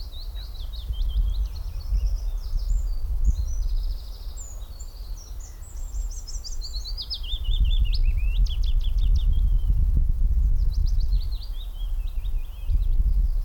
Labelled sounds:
Willow Warbler (Phylloscopus trochilus)
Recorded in the wild
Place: Karower Teiche, Naturpark Barnim, Berlin, DE
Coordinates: 52.6222, 13.4597
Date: 1996-04-21 12:57
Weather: heiter
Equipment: Sony MD-WM MZ-R3, Sennheiser MKH 416 T, Kopie Uher 4000 Report Monitor
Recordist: Tembrock, Günter

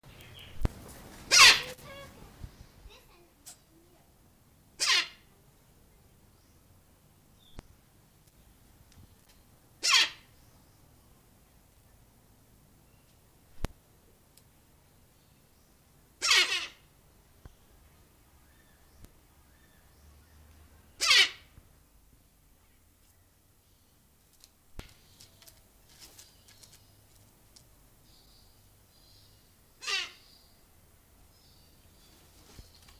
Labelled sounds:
Silvery-cheeked Hornbill (Bycanistes brevis) call
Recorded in captivity
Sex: pair
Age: adult
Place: Zoo Berlin, Berlin, DE
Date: 2002-09-04 15:43
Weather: heiter, 24 - 26°C
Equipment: Nagra SN, Kopie Uher 4000 Report Monitor
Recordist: Tembrock, Günter

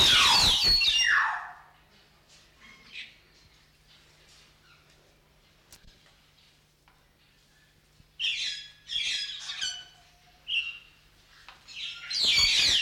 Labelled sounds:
White-headed Buffalo-Weaver (Dinemellia dinemelli)
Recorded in captivity
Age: adult
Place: Zoo Berlin, Berlin, DE
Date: 1994-01-08 10:45
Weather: wolkig bis sonnig, 6 °C
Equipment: Marantz CP 430, Sennheiser MKH 416 T, Kopie Uher Variocord 263
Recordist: Tembrock, Günter

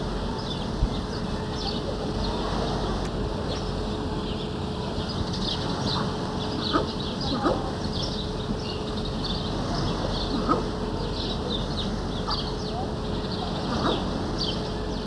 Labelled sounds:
Green Imperial Pigeon (Ducula aenea) call
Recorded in captivity
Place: Vogelpark Walsrode, Niedersachsen, DE
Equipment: Halbspur, 9,5 cm/s
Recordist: Lütgens, Hans
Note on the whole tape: Zwei verschiedene Rufe

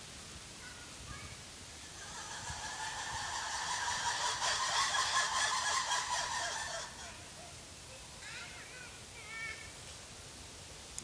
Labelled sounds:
Black-and-white Ruffed Lemur (Varecia variegata)
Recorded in captivity
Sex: group
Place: Tierpark Berlin, Berlin, DE
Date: 2003-09-19 14:30
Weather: sonnig, 24°C
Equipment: Fair Mate ST-1328 (Asahi Electronics, Japan), Sennheiser ME 80, Kopie Uher 4000 Report Monitor
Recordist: Tembrock, Günter
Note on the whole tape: Schwarzweißer Vari (V.v.variegata): Gruppe im Haus: Gruppenrufe zusammenhängend aufgenommen. Starkes Grundrauschen

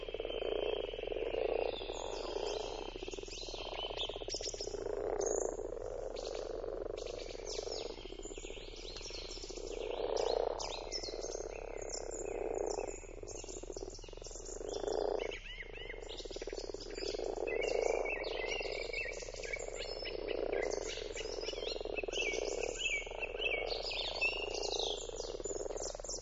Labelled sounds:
Common Frog (Rana temporaria) call
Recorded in the wild
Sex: male
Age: adult
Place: Brunow, Gamengrund, Brandenburg, DE
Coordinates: 52.7264, 13.8958
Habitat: lake
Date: 1995-04-16 20:24
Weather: Luft: 5°C, Wasser: 5 °C, bedeckt
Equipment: Sony TCD-D3, Sennheiser ME 80, K 30 AV, Stativ und Windkorb
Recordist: Frommolt, Karl-Heinz

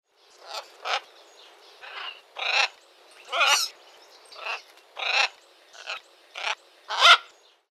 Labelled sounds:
Blue-and-yellow Macaw (Ara ararauna)
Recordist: Tembrock, Günter
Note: Rufe

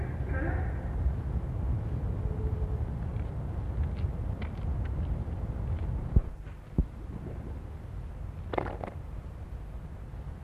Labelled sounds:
Harbor Seal (Phoca vitulina)
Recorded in captivity
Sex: male
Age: adult
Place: Zoo Berlin, Berlin, DE
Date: 1960-11-26 16:00
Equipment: Minifon, Kopie Smaragd
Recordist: Tembrock, Günter

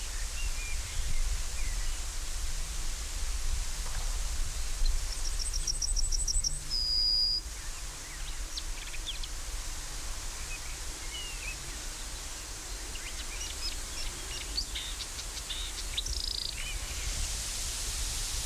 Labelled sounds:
Yellowhammer (Emberiza citrinella) song
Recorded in the wild
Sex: male
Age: adult
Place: Lübars (Fließtal), Berlin, DE
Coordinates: 52.6167, 13.35
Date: 1999-06-13 13:26
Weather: heiter, 22°C
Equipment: Sony WM-D6C, Sennheiser ME 80, Kopie Uher 4000 Report Monitor
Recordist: Tembrock, Günter

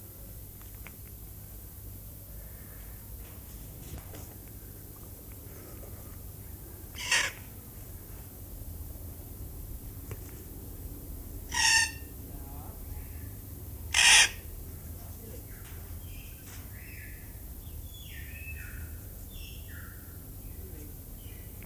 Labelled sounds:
Red-tailed Black Cockatoo (Calyptorhynchus banksii) call
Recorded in captivity
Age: adult
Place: Zoo Berlin, Berlin, DE
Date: 2008-08-18
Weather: bedeckt, ca. 22°C
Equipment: Sony WM-D6C, Sennheiser ME 80, Kopie Uher 4000 Report Monitor
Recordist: Tembrock, Günter
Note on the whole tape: Banks-Rabenkakadu (C.banksii): zwei Exemplare (Geschlecht ?): Laute

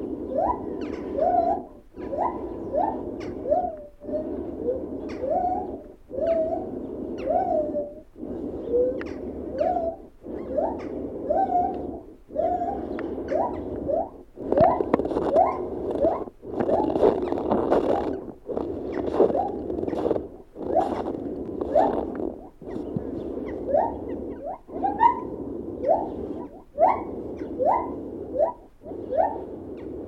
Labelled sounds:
Lar Gibbon (Hylobates lar)
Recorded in captivity
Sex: pair
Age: adult
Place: Tierpark Berlin, Berlin, DE
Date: 1969-12-21
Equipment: Uher 4200 Report Stereo, Transistorverstärker II, Sennheiser MD 421, Doppelspuraufnahme
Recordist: Tembrock, Günter

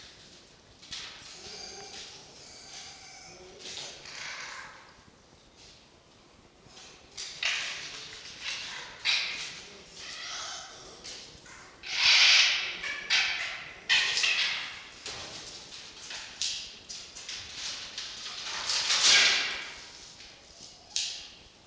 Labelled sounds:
Red Fox (Vulpes vulpes)
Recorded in captivity
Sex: pair
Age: adult
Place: Zoologisches Institut der HUB, Berlin, DE
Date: 1953-01-07 16:45
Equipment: Elmetra
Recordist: Tembrock, Günter
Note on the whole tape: Darbietung eines lebenden Meerschweinchens, Lautgebung nach der Tötung. Jupp: Ranzwinseln und Ranzbellen, Muffen (ohne Fleisch); Fiffi: Knurren (offen) = Sprödigkeitsverhalten (Bellabstand durch Schneiden verringert)

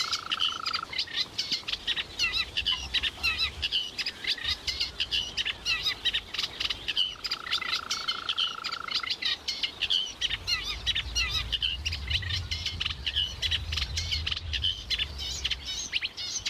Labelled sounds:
Green Toad (Bufo viridis) call
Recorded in the wild
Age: adult
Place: Berlin, OT Karow, Berlin, DE
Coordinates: 52.6228, 13.4597
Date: 1988-05-29 11:03
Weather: sonnig, Luft 25,5°C, Wasser 19°C
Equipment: Nagra SN (Automatik), Kopie Tesla B 116
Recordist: Tembrock, Günter

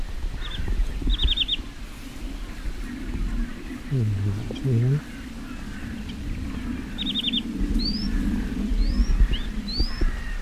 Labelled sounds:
Sedge Warbler (Acrocephalus schoenobaenus) song
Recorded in the wild
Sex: male
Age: adult
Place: Zarnekow, Peenetal, Mecklenburg-Vorpommern, DE
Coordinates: 53.8772, 12.8892
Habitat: wetland
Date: 2010-06-08 21:50
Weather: fair, 20°C, weak easterly winds
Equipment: Sound Devices 702, Sennheiser MKH 70, Rycote Windschutz
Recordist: Frommolt, Karl-Heinz

